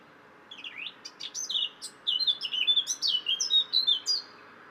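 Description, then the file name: Eurasian blackcap song: a brief scratchy warble opening into a run of loud, clear fluting whistles, rapid and varied, building through the second half. "Sylvia atricapilla"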